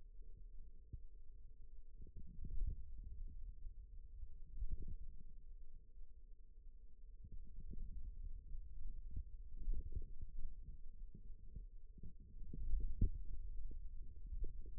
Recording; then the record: forearm muscle sounds (acoustic myography)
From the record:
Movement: ulnar deviation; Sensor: system 2, bracelet of six BSWA MPA416 microphones around the upper forearm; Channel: 4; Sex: male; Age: 22 years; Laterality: right